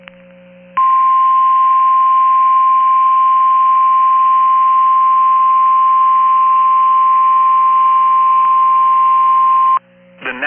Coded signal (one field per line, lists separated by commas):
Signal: Emergency Alert System (SAME) tones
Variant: 1050 Hz attention tone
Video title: BACK TO BACK VIRGNIA EAS ALERTS FROM MANASSAS VIRGINIA NOAA WEATHER RADIO TRANSMITTER EAS #15 16